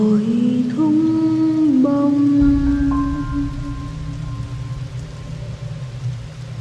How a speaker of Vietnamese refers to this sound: trời mưa lạnh tới thấu xương như thế này, lại còn đang tối mịt